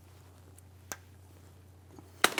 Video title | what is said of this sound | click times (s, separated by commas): How to Replace Alternator 2010-2015 Lexus RX350 | push until you hear a click | 2.2 s